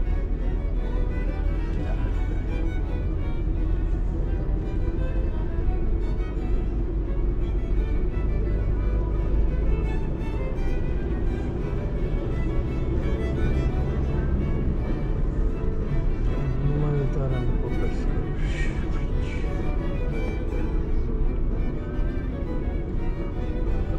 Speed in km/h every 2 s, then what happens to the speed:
29, 31, 33, 35, 37, 37, 37, 49, 45, 41, 37, 31.
0-13 speeds up to 49. 13-24 slows to 31.